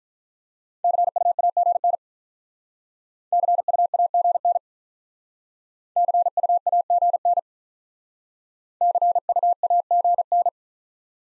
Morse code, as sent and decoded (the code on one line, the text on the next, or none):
-.-. ..- .- --. -. / -.-. ..- .- --. -. / -.-. ..- .- --. -. / -.-. ..- .- --. -.
CUAGN CUAGN CUAGN CUAGN